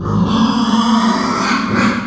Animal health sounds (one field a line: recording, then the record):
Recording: squeal of a Yucatan mini pig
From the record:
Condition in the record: after surgery on the right vocal fold (resection and tissue-engineered implant)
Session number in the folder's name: 16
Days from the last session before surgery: 183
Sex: female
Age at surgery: 19 weeks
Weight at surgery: 25 kg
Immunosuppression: prednisolone